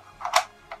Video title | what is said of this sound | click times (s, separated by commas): NWA Podcast: Rogue One U-Wing Unboxing | the gun back up in and it locks right back into place | 0.4 s